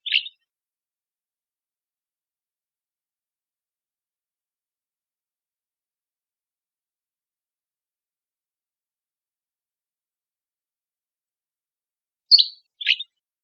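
Dusky flycatcher call notes: one short, sharp high note at the start, then a long silence before two quick notes close together near the end.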